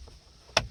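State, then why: Seated. The plastic upper steering column shroud of a Pontiac Torrent, worked on because turning the key does nothing and the key is stuck in the lock cylinder, is pressed down onto the lower shroud's retaining clips. After a quiet low rumble, a single sharp snap sounds at 0.6 s as the cover seats and locks in.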